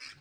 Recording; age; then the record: pig call; piglet (1 to 25 days)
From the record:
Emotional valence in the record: positive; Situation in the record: short reunion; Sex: female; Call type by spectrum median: high-frequency call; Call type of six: low-frequency tonal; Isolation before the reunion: 3 minutes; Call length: 0.21 s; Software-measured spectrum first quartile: 2064 Hz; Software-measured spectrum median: 3469 Hz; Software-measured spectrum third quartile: 5011 Hz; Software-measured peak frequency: 2293 Hz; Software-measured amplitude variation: 118 dB a second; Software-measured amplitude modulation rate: 16.4 a second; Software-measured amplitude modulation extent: 7.2 dB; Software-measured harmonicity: 0.8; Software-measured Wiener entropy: -1.47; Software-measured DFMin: 1011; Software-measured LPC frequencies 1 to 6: 1568, 2397, 4262, 4980, 6855, 7687 Hz